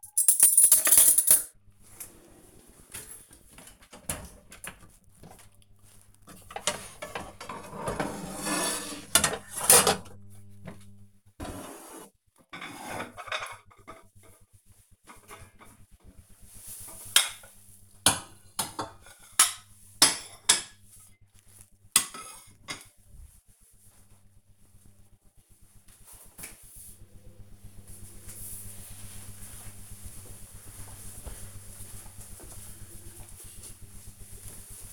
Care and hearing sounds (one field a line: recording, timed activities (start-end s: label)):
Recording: household activities, microphone on the right wrist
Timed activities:
0.00-23.28 s: putting away the dishes